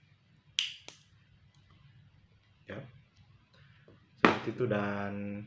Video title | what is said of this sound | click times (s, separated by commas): Praktek membuat kabel straight_Praktikum jaringan komputer | tetapkan sehingga sampai ada suara klik | 0.6 s